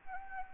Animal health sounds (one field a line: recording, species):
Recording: mosquito wingbeat signal from an infrared sensor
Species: Anopheles arabiensis